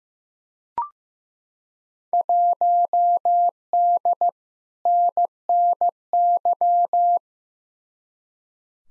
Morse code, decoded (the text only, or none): 1D NNY